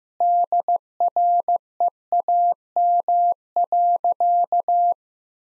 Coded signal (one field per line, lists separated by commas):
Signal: Morse code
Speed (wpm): 15 wpm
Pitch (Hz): 700 Hz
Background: none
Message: DREAM.